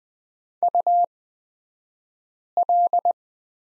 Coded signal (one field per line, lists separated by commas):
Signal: Morse code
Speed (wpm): 20 wpm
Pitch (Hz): 700 Hz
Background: none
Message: UL